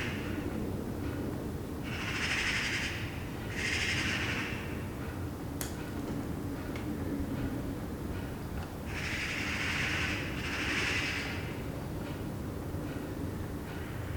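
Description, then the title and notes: Eurasian magpie chattering in paired harsh rattling bursts, one pair early and another later, with a sharp click between and constant low background noise. Several magpies chattering in a tree on a Sunday morning, heard from a balcony in Saint-Gilles, Belgium, with water drops falling regularly; recorded on a Sony PCM-D100. "Saint-Gilles, Belgique - Magpies. Dimanche matin sur le balcon. Des pies jacassent dans un arbre. Des gouttes d'eau s'écoulent régulièrement. Sunday morning on the balcony. Magpies chattering in a tree"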